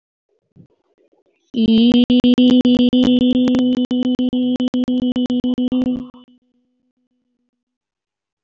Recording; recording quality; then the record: sustained vowel as in beet; excellent, no background noise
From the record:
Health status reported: healthy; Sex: female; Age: 31 years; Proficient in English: yes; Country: India